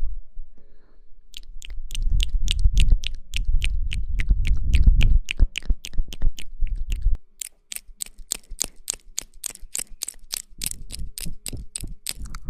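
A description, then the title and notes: Wet mouth sounds click and smack in a fast, steady series of sharp, bright ticks. A low rumbling murmur runs underneath from about two to five seconds, then fades. After a brief drop near seven seconds, the clicking resumes, slightly crisper, until the end. Mouth Sounds.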